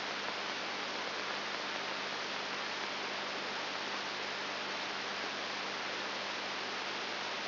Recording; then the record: brain microelectrode recording played as sound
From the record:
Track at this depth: inside the subthalamic nucleus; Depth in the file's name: 3.701 mm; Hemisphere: left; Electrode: 3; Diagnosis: Parkinson's disease